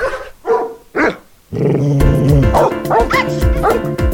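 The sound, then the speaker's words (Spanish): A dog gives three sharp, separate barks, then breaks into a continuous stretch of high, excited yips and yelps with harmonic whining tones, loud and without any talking. “¡Sáquese, perro!”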